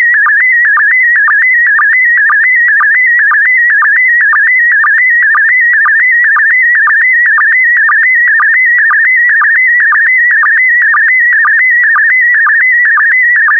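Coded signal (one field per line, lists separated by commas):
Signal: SSTV (slow-scan television)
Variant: PD120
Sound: warbling, chirpy tone around 2 kHz with a rhythmic low blip about twice a second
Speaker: complete. You can now check your decoded image against the picture that is shown on the video.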